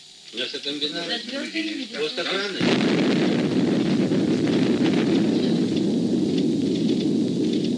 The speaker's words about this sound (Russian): Спокойно, спокойно, товарищи. Это дошел звук взрыва.